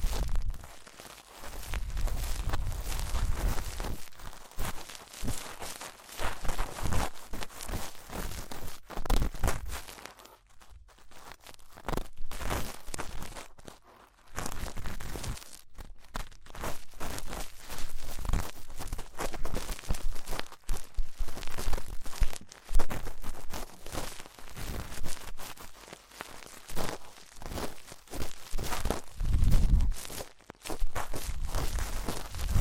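Ear cleaning, with dense crackling, rustling and scraping that fills the clip in rapid bursts. The rubbing is mostly continuous, broken by brief near-silent gaps around 10–11, 14 and 16 seconds, with a deeper thump near 29 seconds.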